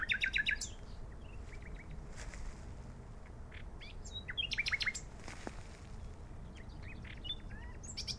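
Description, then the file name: Common nightingale song: a quick trill opens, then sparse whistles and chips, with a brief cluster of sharp notes midway, all over constant low background hiss. "Luscinia megarhynchos"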